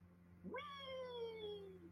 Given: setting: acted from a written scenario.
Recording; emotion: vocal sound without words; amusement